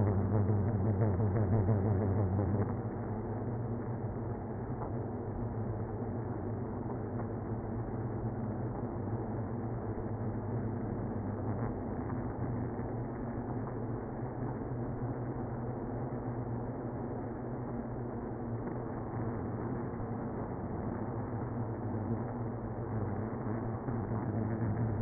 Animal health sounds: honeybee colony, microphone inside the hive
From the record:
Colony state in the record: queenless (queen removed); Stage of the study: after two queens were removed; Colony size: about 60,000 bees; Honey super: yes

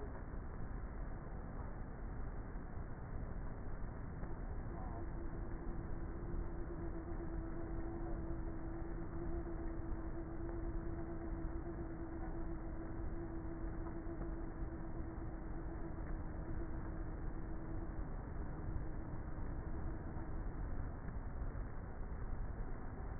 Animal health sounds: honeybee colony, microphone inside the hive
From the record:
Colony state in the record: queenless with a low population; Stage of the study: before two queens were removed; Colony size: about 30,000 bees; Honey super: no

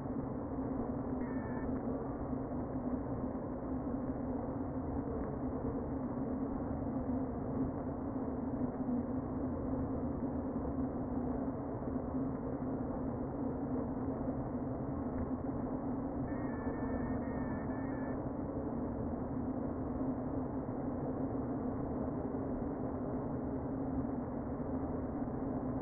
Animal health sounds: honeybee colony, microphone inside the hive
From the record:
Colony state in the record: queen present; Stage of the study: before two queens were removed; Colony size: about 60,000 bees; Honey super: yes

